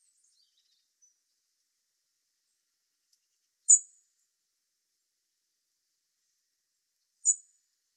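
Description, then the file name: Common blackbird giving two brief, thin, very high-pitched calls about three and a half seconds apart, with near silence otherwise. "Turdus merula"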